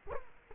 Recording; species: mosquito wingbeat signal from an infrared sensor; Culex quinquefasciatus